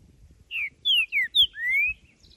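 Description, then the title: Green-winged saltator giving one whistled phrase: four sharp descending notes followed by a long rising slur, over faint low background noise. Wild bird singing in nature, recorded to stimulate captive birds; song described as calling, singing and male territorial display in competition. "Trinca Ferro Cantando na Natureza! Ideal para ESQUENTAR seu TRINCA!!"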